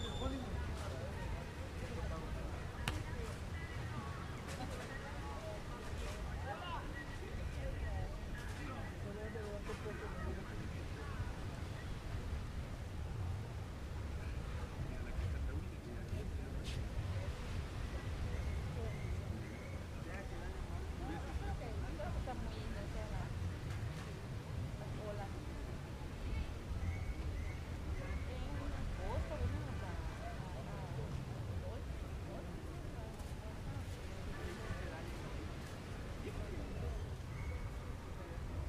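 People chatting in overlapping voices run through the whole clip, over a steady low rush of ocean waves. The murmur stays dense and level throughout, with occasional brief clicks and taps scattered across it, possibly footsteps.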